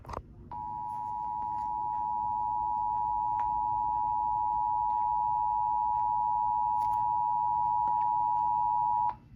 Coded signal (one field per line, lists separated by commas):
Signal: Emergency Alert System (SAME) tones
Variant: 853 and 960 Hz attention tone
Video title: Pennsylvania Required monthly test 3/20/25 EAS#14-#20 ￼